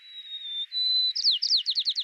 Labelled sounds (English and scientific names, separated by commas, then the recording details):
White-crowned Sparrow (Zonotrichia leucophrys) song
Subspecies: nuttalli
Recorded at Battery East, California, in 2013
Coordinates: 37.808, -122.473
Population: north
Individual beJ_13